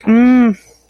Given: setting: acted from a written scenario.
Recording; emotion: vocal sound without words; pain